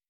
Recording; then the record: hydrophone in a shrimp aquaculture tank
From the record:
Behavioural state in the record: weakened